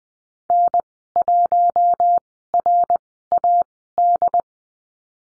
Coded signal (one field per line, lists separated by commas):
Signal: Morse code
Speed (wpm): 20 wpm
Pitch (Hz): 700 Hz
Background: none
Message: N1RAD